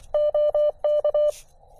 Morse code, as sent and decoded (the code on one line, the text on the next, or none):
--- -.-
OK